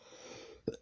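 An adult imitates a sick person's cough: a single weak, brief cough so feeble it barely makes any noise.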